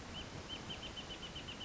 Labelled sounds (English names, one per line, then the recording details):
Wrentit
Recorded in Sonoma County, California